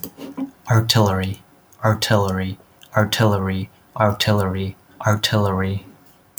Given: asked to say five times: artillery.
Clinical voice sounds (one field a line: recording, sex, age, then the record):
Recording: repeated word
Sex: male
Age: 30 to 39 years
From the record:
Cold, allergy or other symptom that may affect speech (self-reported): no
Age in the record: 31 years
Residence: Illinois, United States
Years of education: 16